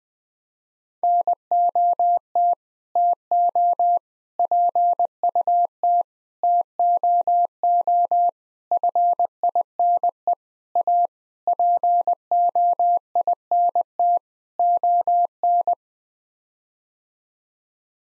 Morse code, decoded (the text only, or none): NOT TO PUT TOO FINE A POINT ON